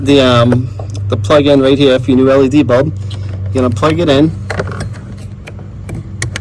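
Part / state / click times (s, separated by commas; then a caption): headlight wiring harness plug into LED headlight bulb connector / seated / 6.2 s. A vehicle wiring harness plug is pushed onto the plastic connector of a new LED headlight bulb behind the headlight housing of a Kia Sportage during an LED headlight bulb upgrade. Someone talks through the first four seconds, then a few soft plastic taps are heard, and the plug clicks into place at 6.2 s, just like the factory bulb, followed by another sharp tick at 6.4 s.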